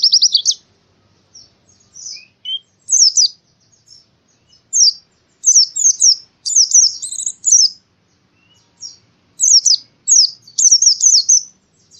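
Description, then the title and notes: Canary twittering in short bursts of sharp chirps, the phrases separated by brief pauses. Long-duration canary song used as masteran material for training birds. "Kicauan Kenari Durasi Panjang 1. Masteran Burung Lengkap"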